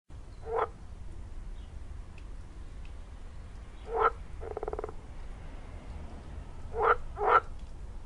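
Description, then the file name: Frog croaks: four short, rasping croaks spaced a few seconds apart, the last two close together, with a brief pulsed rattle after the second, over steady low background noise. "Frosch"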